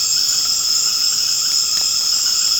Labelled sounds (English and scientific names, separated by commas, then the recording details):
none
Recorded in secondary vegetation near Puerto Asís, Putumayo, Colombia, on 24 March 2025 at 19:00
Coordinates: 0.485, -76.322
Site G040